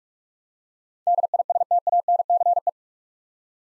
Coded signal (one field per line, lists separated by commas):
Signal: Morse code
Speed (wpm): 46 wpm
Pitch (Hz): 700 Hz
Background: none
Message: DISTANCE